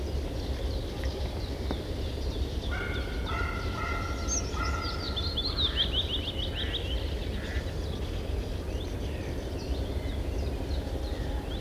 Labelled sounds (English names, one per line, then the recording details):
Willow Warbler
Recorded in the wild
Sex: pair
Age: adult
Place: Wegle-Zukowo, Warminsko-Mazurskie, PL
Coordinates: 54.1, 19.45
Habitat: lake
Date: 1966-05-12 11:33
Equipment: Nagra III BH
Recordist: Schubert, Michael